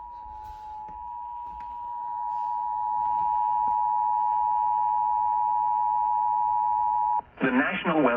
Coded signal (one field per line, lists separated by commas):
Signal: Emergency Alert System (SAME) tones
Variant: 853 and 960 Hz attention tone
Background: speech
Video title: WJR-AM EAS Alert: TORNADO WARNING for Oakland County!